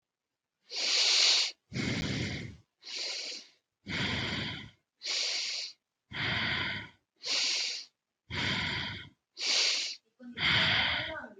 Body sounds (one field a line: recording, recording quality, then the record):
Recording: shallow breathing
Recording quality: excellent, no background noise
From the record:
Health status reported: healthy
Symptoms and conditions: none ticked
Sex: male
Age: 37 years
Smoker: not ticked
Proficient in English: yes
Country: India